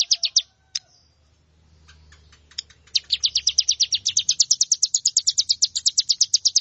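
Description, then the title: Plain prinia singing, starting with a brief burst of high buzzy notes, then after scattered ticks a steady rapid series of bright wheezy notes lasting nearly four seconds. "Ciblek Sawah"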